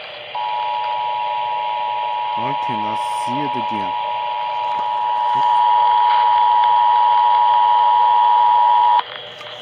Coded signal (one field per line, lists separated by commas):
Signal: Emergency Alert System (SAME) tones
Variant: 853 and 960 Hz attention tone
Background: speech